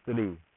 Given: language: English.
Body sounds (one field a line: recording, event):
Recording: throat vibration sensor signal played as sound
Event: speech